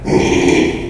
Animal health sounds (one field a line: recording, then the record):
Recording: squeal of a Yucatan mini pig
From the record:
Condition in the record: after surgery on the right vocal fold (resection and tissue-engineered implant)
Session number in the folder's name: 2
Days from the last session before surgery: 13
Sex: male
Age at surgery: 12 weeks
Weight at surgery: 13 kg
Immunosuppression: cyclosporine, prednisolone